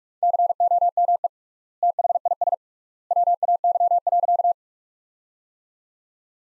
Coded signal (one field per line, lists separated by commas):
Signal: Morse code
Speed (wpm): 42 wpm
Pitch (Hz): 700 Hz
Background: none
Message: COME THIS WAY.